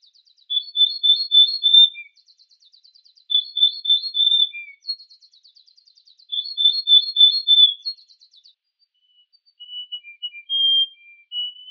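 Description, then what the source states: Yorkshire canary song, repeated rolling trills in phrases, alternating with faint buzzy rattles, then softer whistled notes. Canary song combining Yorkshire and Russian styles.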